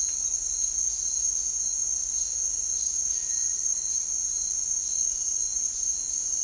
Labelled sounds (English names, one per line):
none